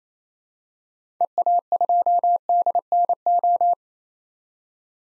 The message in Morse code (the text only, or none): EA2DNO